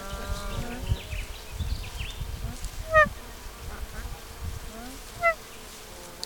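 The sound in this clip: Nene giving two brief honking notes about two seconds apart, over low rumbling noise.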